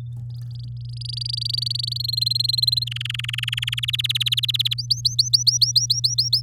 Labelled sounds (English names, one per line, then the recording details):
Domestic Canary song
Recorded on 8 May 2018 at 16:24
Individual llb16